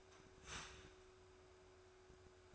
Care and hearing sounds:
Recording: daily activity, microphone in the room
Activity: start toaster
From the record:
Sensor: 2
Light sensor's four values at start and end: 4/10/3/4 and 4/10/3/4

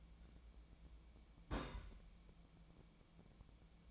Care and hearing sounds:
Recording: daily activity, microphone in the room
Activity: place on stove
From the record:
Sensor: 1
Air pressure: 1010.0 hPa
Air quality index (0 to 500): 186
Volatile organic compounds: 16 ppm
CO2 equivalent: 2549 ppm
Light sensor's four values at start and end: 39/98/41/50 and 39/100/42/51

